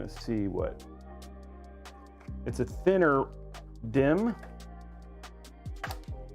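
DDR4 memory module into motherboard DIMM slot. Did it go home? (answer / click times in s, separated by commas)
yes / 5.9 s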